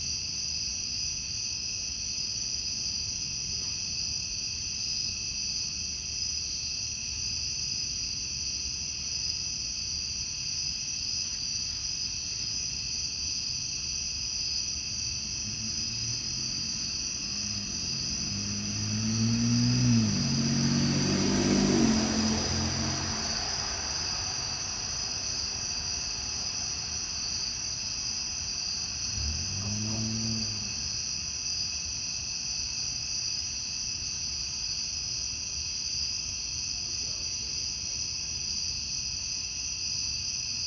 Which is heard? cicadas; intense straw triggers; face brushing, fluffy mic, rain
cicadas